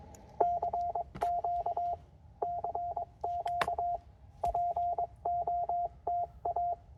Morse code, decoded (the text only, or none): CQ CQ POTA